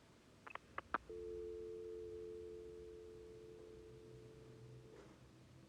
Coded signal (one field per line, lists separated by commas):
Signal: telephone call progress tone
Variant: North America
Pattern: dial tone